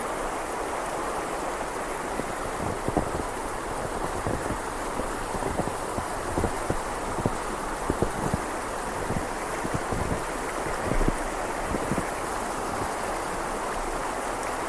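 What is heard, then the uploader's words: A steady rushing river fills the scene with a dense, even wash of water noise. Irregular soft crunches, like footsteps in snow, land every second or so, with a slightly louder one near eleven seconds. A low wind rumble sits underneath throughout. This is a recording of a walk along a snowy river. You can hear the crunch of snow under your feet, the sound of the river, and the sound of the wind blowing.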